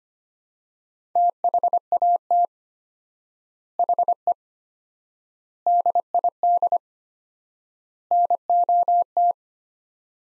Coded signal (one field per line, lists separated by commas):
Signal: Morse code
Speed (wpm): 25 wpm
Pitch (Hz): 700 Hz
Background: none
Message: THAT HE DID NOT